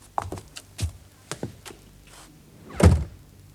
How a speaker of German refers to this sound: wirft Elise durch die kaum handbreit geöffnete Tür das blaue Heft auf den nächsten Stuhl